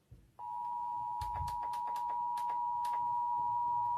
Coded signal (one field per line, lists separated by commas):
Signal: Emergency Alert System (SAME) tones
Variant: 853 and 960 Hz attention tone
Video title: EAS Test (2021/3/24)